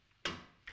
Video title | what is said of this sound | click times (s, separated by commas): RMF Sewing Furniture with Sewing Quarter | it this way every click you hear actually it locks in place so | 0.3 s, 0.7 s